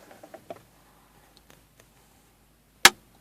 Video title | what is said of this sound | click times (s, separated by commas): Ford c-max instrument cluster repair (part 1) | snaps into place. And then if we turn it round, | 2.9 s